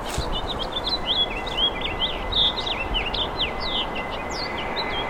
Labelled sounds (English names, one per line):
House Finch song